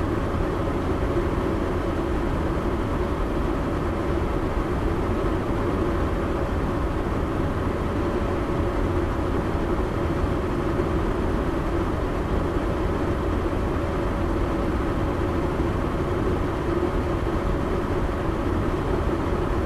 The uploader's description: The steady, comforting sound of white noise